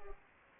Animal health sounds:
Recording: mosquito wingbeat signal from an infrared sensor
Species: Culex pipiens

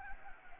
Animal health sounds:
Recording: mosquito wingbeat signal from an infrared sensor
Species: Anopheles gambiae

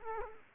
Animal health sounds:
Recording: mosquito wingbeat signal from an infrared sensor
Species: Culex quinquefasciatus

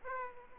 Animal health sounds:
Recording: mosquito wingbeat signal from an infrared sensor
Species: Aedes aegypti

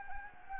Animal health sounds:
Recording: mosquito wingbeat signal from an infrared sensor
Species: Anopheles gambiae

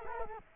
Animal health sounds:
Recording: mosquito wingbeat signal from an infrared sensor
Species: Culex quinquefasciatus

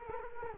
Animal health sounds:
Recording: mosquito wingbeat signal from an infrared sensor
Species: Culex quinquefasciatus

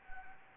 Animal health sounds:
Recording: mosquito wingbeat signal from an infrared sensor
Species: Anopheles gambiae

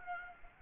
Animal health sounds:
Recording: mosquito wingbeat signal from an infrared sensor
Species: Aedes aegypti

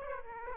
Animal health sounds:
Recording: mosquito wingbeat signal from an infrared sensor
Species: Aedes aegypti

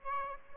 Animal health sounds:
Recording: mosquito wingbeat signal from an infrared sensor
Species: Aedes albopictus

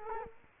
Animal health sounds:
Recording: mosquito wingbeat signal from an infrared sensor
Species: Culex quinquefasciatus

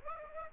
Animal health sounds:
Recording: mosquito wingbeat signal from an infrared sensor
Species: Aedes aegypti

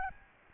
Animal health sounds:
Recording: mosquito wingbeat signal from an infrared sensor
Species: Aedes albopictus

